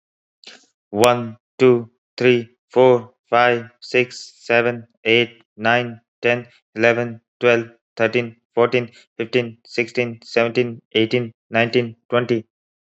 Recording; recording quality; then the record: counting at a normal pace; excellent, no background noise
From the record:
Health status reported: healthy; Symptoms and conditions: cough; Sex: male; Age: 32 years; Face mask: not worn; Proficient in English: yes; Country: United States